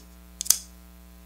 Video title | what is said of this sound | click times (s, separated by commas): How To Develop B&W Film: DIY | and then it'll just kind of Click into place a little bit so you'll hear it | 0.5 s